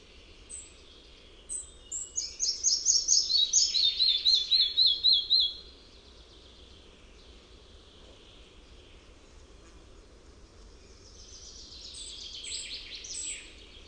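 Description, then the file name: Red-breasted flycatcher song: a few sharp high notes, then a rapid run of about a dozen repeated ringing notes falling slightly in pitch; later, softer high chirps amid faint background hiss. "MUCHOLOWKAMALA"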